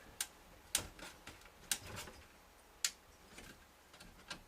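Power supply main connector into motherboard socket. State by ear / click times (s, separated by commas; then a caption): not seated / none. A large plastic power supply main connector is handled at a motherboard socket as it is pushed toward place. Sharp ticks and taps sound at about 0.2, 0.8, 1.3, 1.7 and 2.9 s, with fainter ones near the end. The plug has not seated or clicked into the socket yet.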